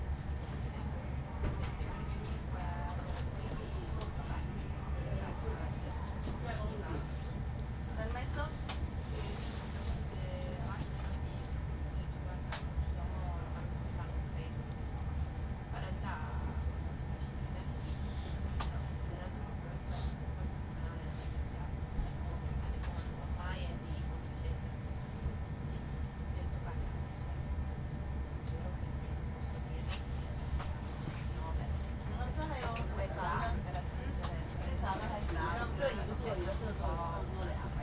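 A train rattles along from Verona Porta Nuova toward Milan, its deep rumble steady and dense for the whole stretch. Voices talk on and off over the noise, with occasional brief clanks and squeaks around the middle and near the end.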